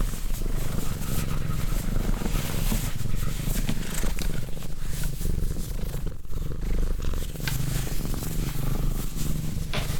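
Cat: low purring rumble from a cat, steady vibration with breathy swells and soft hiss, continuous throughout.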